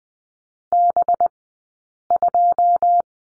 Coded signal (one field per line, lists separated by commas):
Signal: Morse code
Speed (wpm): 20 wpm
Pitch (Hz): 700 Hz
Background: none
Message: B2